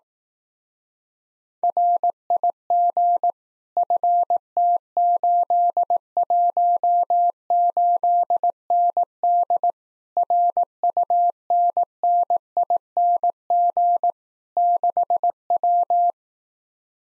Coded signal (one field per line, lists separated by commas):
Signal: Morse code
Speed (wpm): 18 wpm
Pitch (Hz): 700 Hz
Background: none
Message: RIG FT818ND RUNNING 6W